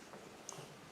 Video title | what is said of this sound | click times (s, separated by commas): Paxcess electric high power jet washer - Set up, demo & review | And then we put the connector on the end, and then you should hear it click when it's in place. | 0.5 s